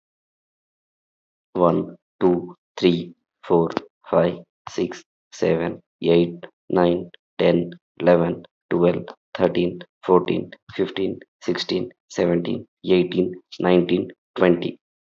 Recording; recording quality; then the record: counting at a normal pace; excellent, no background noise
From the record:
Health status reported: healthy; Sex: male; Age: 29 years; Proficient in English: yes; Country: India